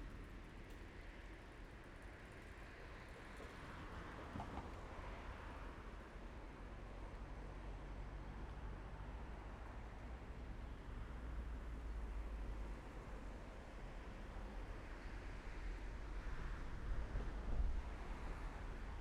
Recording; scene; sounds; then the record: everyday scene through a hearing-aid microphone; in traffic; traffic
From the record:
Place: main road on the outskirts, rush hour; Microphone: behind the ear, left, front